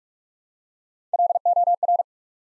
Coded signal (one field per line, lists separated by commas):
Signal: Morse code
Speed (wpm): 48 wpm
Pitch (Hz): 700 Hz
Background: none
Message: LOR